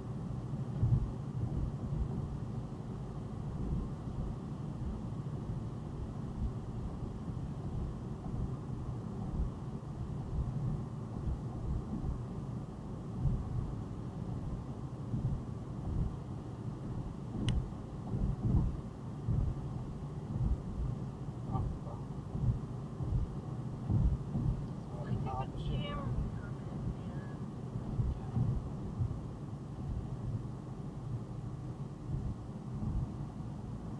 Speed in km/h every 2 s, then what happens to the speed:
95, 95, 95, 95, 95, 97, 95, 95, 97, 95, 95, 95, 95, 95, 92, 90, 87.
0-26 steady at about 95. 26-34 slows to 87.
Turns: none.